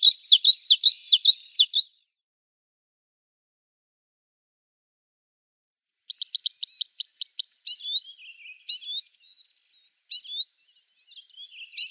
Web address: Schulze Peter Bluethroat song